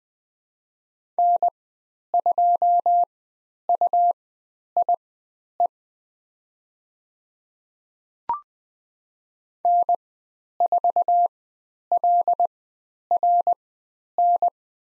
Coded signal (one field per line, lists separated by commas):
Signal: Morse code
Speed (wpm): 20 wpm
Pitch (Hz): 700 Hz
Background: none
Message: N2UIE N4LRN